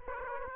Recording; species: mosquito wingbeat signal from an infrared sensor; Aedes aegypti